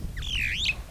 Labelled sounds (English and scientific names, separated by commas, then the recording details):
Superb Starling (Lamprotornis superbus) flight call
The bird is a male
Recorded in Kenya on 27 April 2009 at 08:07
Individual 38, of group DRT2